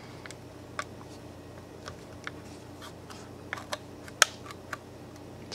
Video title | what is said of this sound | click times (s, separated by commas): Galaxy S5 Teardown Take Apart - Reassembly | and then everything else can just snap right in just | 0.8 s, 2.3 s, 3.5 s, 3.7 s, 4.2 s, 4.7 s